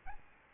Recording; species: mosquito wingbeat signal from an infrared sensor; Aedes albopictus